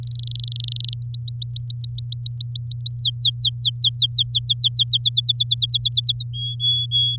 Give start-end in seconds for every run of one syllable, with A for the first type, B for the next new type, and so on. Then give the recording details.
0.03-0.94 A, 1.02-2.90 B, 2.95-4.84 C, 4.88-6.23 D, 6.33-7.16 E. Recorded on 8 May 2018 at 16:43. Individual llb16